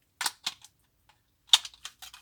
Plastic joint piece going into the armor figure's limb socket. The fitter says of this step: lo scatto perfetto